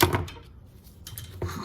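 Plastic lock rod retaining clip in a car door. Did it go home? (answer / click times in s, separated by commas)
released / 0.0 s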